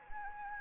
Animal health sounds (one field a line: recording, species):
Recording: mosquito wingbeat signal from an infrared sensor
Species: Anopheles arabiensis